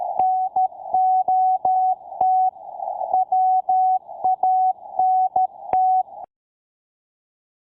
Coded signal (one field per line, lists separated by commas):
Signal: Morse code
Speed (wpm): 13 wpm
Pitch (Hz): 750 Hz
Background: none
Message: NOT WANT